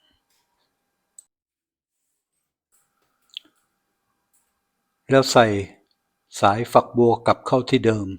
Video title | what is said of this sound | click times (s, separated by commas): ก๊อกฝักบัว ก๊อกอ่างซิงก์ น้ำหยด อย่าทิ้ง แก้ง่ายๆด้วยของใช้ในบ้าน งาน DIY ช่างประจำบ้าน | ประมาณแล้วนำฝาครอบตัวนอกใส่ให้ตรงร่องเดิมดันเข้าไปจนมีเสียงคลิกก็ | 3.4 s